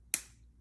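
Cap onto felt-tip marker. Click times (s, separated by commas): 0.1 s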